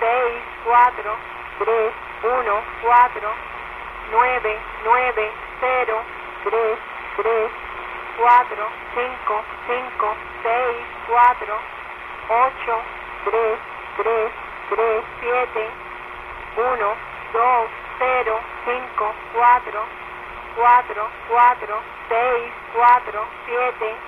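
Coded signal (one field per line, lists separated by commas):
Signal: numbers station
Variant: HM01, Spanish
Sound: a voice reading short, evenly spaced Spanish numbers over steady shortwave hiss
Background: radio static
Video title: HM01 Cuban Spy Numbers 9.065 MHz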